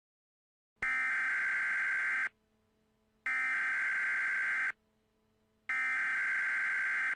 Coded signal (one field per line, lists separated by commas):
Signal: Emergency Alert System (SAME) tones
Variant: header bursts